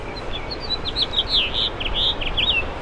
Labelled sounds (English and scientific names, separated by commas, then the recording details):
House Finch (Haemorhous mexicanus) song
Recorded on Long Island, New York, on 7 June 2011
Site MV
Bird B